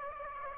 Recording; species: mosquito wingbeat signal from an infrared sensor; Aedes aegypti